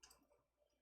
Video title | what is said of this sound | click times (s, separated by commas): Building an AMD 5900X Gaming Computer! | goes on right like that at the bottom you slide it up and it kind of just clicks into place and you're good | 0.0 s